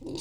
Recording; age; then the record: pig call; weaner (32 to 43 days)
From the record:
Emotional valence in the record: negative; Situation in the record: long isolation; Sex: female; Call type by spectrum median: low-frequency call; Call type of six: mixed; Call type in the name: high-frequency modulated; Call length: 0.21 s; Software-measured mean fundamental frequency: 192 Hz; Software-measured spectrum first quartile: 312 Hz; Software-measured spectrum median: 1004 Hz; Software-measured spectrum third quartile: 5201 Hz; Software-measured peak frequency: 342 Hz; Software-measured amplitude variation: 115 dB a second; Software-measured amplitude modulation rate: 21.4 a second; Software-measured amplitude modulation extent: 5.4 dB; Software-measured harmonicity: 4.8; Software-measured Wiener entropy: -4.91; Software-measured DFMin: 1150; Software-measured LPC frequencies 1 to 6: 351, 888, 2719, 3762, 4710, 5641 Hz